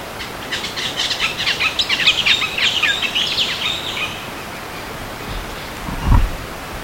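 Bird calling in a rapid jumble of high chirping notes for about three seconds over steady background noise, followed by a low thump.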